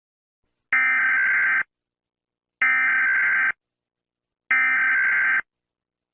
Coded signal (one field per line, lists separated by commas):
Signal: Emergency Alert System (SAME) tones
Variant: header bursts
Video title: DO NOT MOVE-EAS scenario